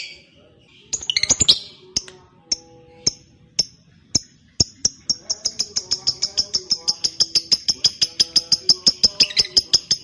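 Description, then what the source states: Lovebird with a few sharp isolated clicks, then a fast, steady run of high shrill chirps. Fighter-type lovebird singing energetically (gacor).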